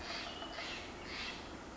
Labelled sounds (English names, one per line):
Steller's Jay